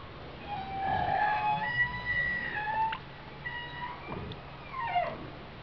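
Whale calls: overlapping tonal whistles, some flat and steady, others sweeping down, with a few sharp clicks over low background noise.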